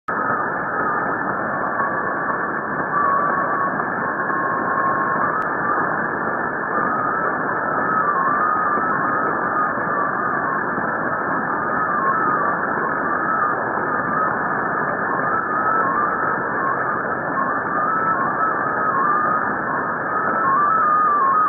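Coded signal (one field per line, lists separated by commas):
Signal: multi-tone FSK (Olivia or MFSK type)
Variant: XPA2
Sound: steady hiss with a faint single tone hopping between nearby pitches every fraction of a second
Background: radio static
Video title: 13538 kHz USB - XPA2 - 04/04/2017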